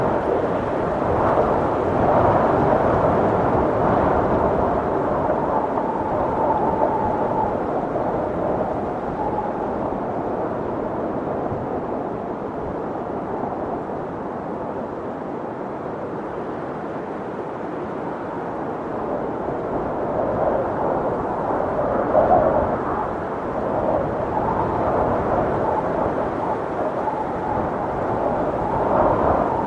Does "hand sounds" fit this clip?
no